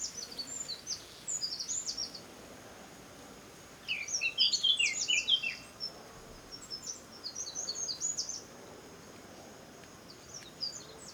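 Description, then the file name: Wren song in short bursts of rapid, high tinkling notes and brief trills, rather faint against a noticeable hiss, with quiet gaps between phrases. "Troglodytes troglodytes"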